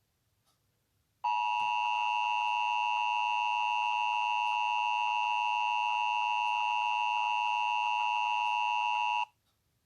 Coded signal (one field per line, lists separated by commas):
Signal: Emergency Alert System (SAME) tones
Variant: 853 and 960 Hz attention tone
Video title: EAS Scenario: The End of Miami.